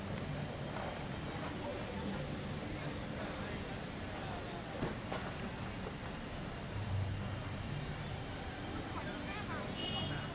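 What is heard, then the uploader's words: Skaters practice at Lake Eola Park amid a steady, dense outdoor wash of voices and traffic hum. Short clacks and scrapes of boards punctuate it, with a sharper crack near five seconds. Low rumbling swells around seven seconds and a faint high whine near the end. Skaters Practicing at Lake Eola Park (Orlando, Florida). I sat under a tree at Lake Eola Park in Orlando, Florida as a group of skaters practiced tricks, people strolled.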